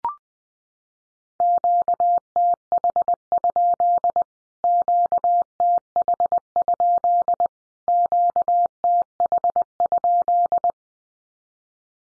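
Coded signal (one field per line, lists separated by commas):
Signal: Morse code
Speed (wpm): 20 wpm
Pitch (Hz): 700 Hz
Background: none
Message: QTH? QTH? QTH?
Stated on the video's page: 20wpm practice drill of Q-codes, each sent three times in Morse as statement or question, then sent again.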